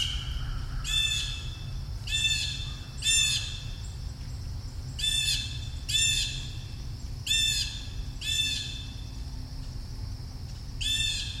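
Bird calling with eight scratchy, buzzy squawks spread across the recording, some in close pairs, over a low rumble.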